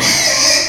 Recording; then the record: squeal of a Yucatan mini pig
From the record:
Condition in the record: before surgery on the right vocal fold (resection and tissue-engineered implant); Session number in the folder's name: 2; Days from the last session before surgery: 0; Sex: male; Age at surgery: 12 weeks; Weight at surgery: 13 kg